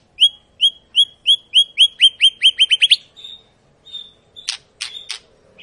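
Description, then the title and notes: White-rumped shama song: a series of clear whistled notes repeating and speeding up, then a short sustained tone and a few harsh sharp notes. Long, lively lure song of a white-rumped shama, used to prompt other birds to sing. "Pancingan Murai Batu Gacor Panjang. muraiku"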